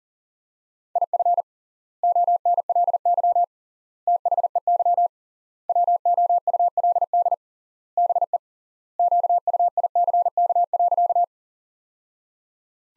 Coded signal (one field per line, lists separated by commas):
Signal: Morse code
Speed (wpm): 40 wpm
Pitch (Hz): 700 Hz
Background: none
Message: IF ONLY THEY WOULD BE QUICK.